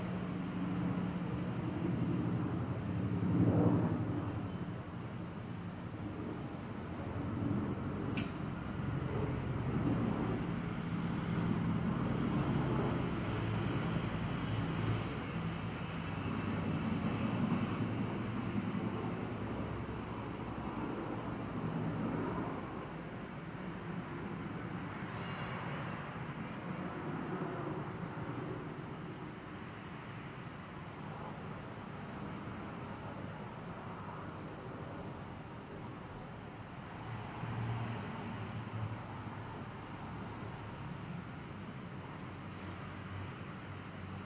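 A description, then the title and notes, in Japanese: Ambient sound recorded from a home window: a steady low rumble of traffic and passing vehicles fills the background throughout. A louder pass swells around four seconds, a brief sharp tick comes near eight seconds, and the sound then settles into a softer, even hum. 私の家の窓辺から録音した環境音。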